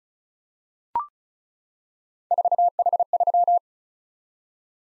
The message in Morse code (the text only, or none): 4H3